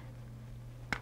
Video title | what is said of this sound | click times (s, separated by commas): How to use a Respimat Device | load the dose by turning and clicking You Hear The Click M | 0.9 s